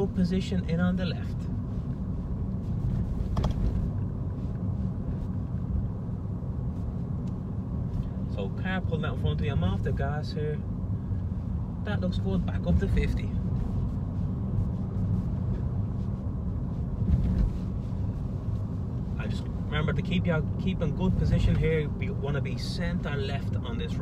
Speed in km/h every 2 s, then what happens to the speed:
42, 45, 47, 47, 43, 40, 45, 48, 47, 47, 47, 47.
0-24 steady at about 47.